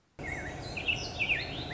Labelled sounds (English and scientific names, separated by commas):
Song Sparrow (Melospiza melodia)